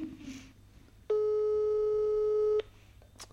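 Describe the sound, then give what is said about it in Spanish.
A telephone busy signal sounds once as a call goes unanswered: a steady buzzy mid-pitched beep held for about a second and a half, loud against a quiet background with no talking. “Oye, a ver, que tengo llamadas muy guays si no me vais a coger el teléfono, cabrones.”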